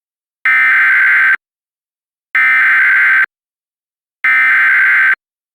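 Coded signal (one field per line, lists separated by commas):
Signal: Emergency Alert System (SAME) tones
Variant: header bursts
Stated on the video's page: Partial mock reenactment with valid EAS tones of an alert during a weather radio station outage.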